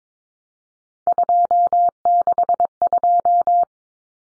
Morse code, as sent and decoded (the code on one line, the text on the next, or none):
..--- -.... ..---
262